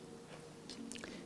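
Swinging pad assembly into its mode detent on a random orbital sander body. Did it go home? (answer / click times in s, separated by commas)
yes / 0.9 s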